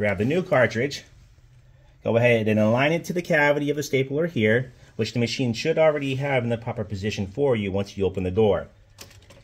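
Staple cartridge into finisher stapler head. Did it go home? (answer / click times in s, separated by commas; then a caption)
yes / 9.0 s. Someone talks while a new staple cartridge is lined up with the stapler cavity inside the external finisher of a Canon C5800/C3900 series machine. The cartridge is slid in and clicks once at 9.0 s, followed by a couple of faint ticks. The click means the cartridge is seated and properly engaged in the stapler head.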